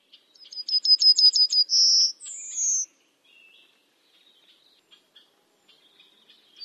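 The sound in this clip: Bird song: a quick series of high notes, a steady buzzy trill and a thin falling whistle, followed by quiet scattered chips.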